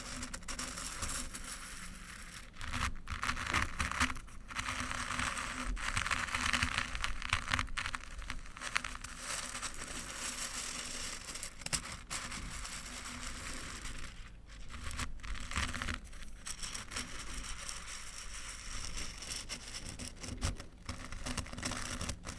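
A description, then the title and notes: Crunchy stirring rasps along continuously in dense, gritty scrapes, with brief pauses near 3, 14 and 16 seconds over a low steady hum. Old-Time Riches Crunchy Stirring. NO TALKING.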